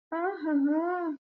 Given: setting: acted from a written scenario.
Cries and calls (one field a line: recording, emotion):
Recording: vocal sound without words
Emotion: sympathy